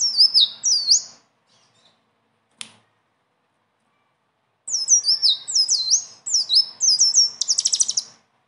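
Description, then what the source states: Blue-winged leafbird song with rapid high swooping whistles, a single sharp click in a pause, then a longer run ending in a fast buzzy trill. Singing energetically with a varied rolling song including mimicked filler phrases; recording used as a tutor for training other birds.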